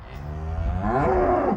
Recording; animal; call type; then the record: contact call of a hoofed animal; cattle; low-frequency (closed-mouth) or high-frequency (open-mouth) call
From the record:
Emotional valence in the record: negative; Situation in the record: separation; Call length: 1.56 s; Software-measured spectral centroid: 890 Hz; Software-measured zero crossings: 900 a second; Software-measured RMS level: -23 dBFS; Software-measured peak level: -9 dBFS